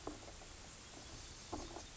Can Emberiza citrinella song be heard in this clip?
no